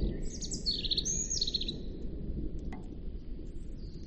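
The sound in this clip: European robin song, a short burst of high, sliding twittery notes near the start, then quieter, with steady low background rumble.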